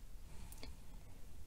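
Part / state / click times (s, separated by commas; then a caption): curtain motor out of electric curtain track drive / released / 0.5 s, 0.6 s. A curtain motor is being released from the drive unit of a CL200T electric curtain track: the red plastic retaining clip is pulled out and the motor is lifted vertically out. Two short clicks are heard at 0.5 and 0.6 seconds over a low background hiss. The clip is released and the motor is unplugged.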